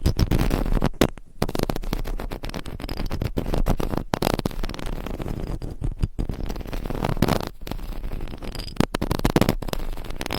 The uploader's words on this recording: ASMR Extremely Sensitive Triggers in Your Ears - Intense Trigger Warning! Asmr No Talking for Sleep.